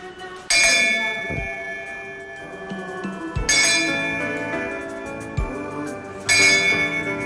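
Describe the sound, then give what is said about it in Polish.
A ship's bell aboard the museum ship Dar Pomorza, with a view of the Maritime Academy, rings three times at a slow, even pace to strike the half-hour ("szklanka"), sun showing through clouds. Each bright metallic strike rings out and lingers before the next. No one speaks. “To się nazywa szklanka.”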